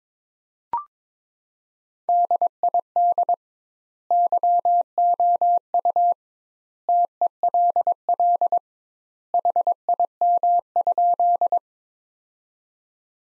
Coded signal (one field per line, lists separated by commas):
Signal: Morse code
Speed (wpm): 22 wpm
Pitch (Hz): 700 Hz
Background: none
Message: DID YOU TELL HIM?